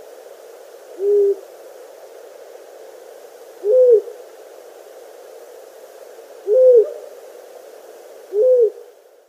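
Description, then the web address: Long-eared owl male display call: four low, soft hoots, each a short even note, spaced roughly every two to three seconds over quiet background hiss. Male giving display call. "Schulze Peter Long-eared Owl male display"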